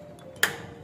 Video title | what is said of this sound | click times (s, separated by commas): Baklas Kabit PC Series Part 3: Assembly of System Unit | nag-lock p pag nakarinig niyo yun ibig sabihin naka-lock na siya okay h na siya matatanggal | 0.4 s